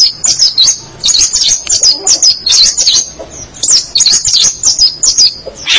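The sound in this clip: Long-tailed shrike song: dense, scratchy high warbling phrases with twittering notes and short gaps between phrases.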